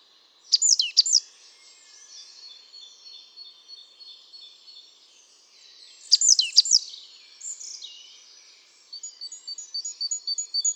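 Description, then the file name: Great tit calls: sharp high chips in short bursts, then a thin buzzy chatter and a quick run of repeated high notes near the end. "Parus major"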